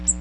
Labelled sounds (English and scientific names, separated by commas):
Magnolia Warbler (Setophaga magnolia) flight call